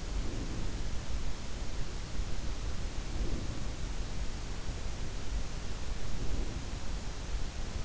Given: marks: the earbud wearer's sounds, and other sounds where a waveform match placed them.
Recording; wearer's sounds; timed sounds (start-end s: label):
sounds in sleep by an in-ear microphone; breath
0.00-1.07 s: breath
2.95-4.07 s: breath
5.96-7.11 s: breath